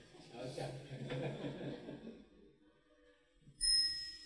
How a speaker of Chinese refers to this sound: 那铃声嘛。再敲一声吧，敲个引磬吧。